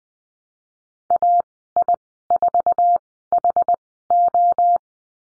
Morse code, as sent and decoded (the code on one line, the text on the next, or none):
.- .. ....- .... ---
AI4HO